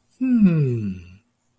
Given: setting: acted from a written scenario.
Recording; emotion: vocal sound without words; interest